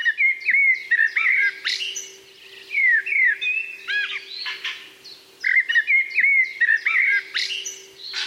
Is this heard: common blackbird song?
yes